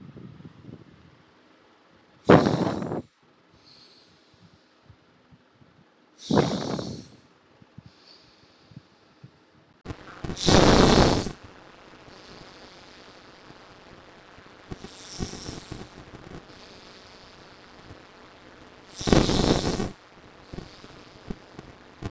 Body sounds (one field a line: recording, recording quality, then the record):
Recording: deep breathing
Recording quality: excellent, no background noise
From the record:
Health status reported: healthy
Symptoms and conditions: diabetes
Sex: male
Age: 36 years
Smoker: not ticked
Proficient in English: yes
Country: India